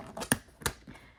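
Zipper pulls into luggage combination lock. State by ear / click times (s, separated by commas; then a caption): seated / 0.3 s, 0.7 s. The metal zipper pulls of a Level 8 Luminous textured suitcase are pushed into the slots of its combination lock after the dials are aligned. Two sharp, loud clicks sound at 0.3 s and 0.7 s, one per pull, followed by a faint rustle near 0.9 s. Both pulls seat easily in the lock.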